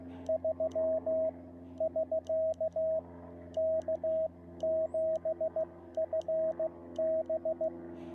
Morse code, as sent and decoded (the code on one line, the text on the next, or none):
...-- / ...-.- / -.- --... ..-. -...
3 <SK> K7FB